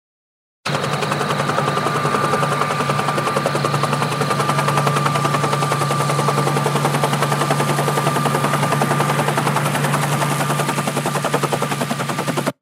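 An approaching helicopter's rotor roars with a fast, relentless chopping beat over a steady engine drone and a thin high whine, loud and unbroken for the whole stretch, with no voices.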